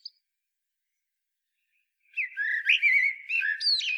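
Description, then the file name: Common blackbird giving a varied run of clear, warbling and whistled notes with quick rising and falling slurs, starting after a brief note and about two seconds of silence and continuing to the end. "Turdus merula"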